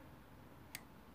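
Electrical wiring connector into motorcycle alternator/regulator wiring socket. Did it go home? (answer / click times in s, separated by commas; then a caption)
yes / 0.8 s. On a 2011 Triumph Street Triple, the first electrical plug is pushed onto the alternator/regulator wiring socket after dielectric grease is applied to the connection. Against a steady low hum, a single sharp, bright click is heard at 0.8 s. The connector is seated.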